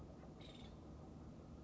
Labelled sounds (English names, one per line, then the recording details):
Nuttall's Woodpecker
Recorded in Sonoma County, California